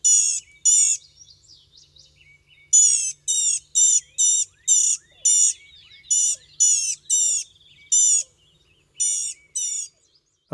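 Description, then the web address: Blue-gray gnatcatcher giving many thin, nasal, buzzy notes in short runs with brief pauses. North America. "Know Your Bird Sounds Common Western Species. Blue-gray Gnatcatcher"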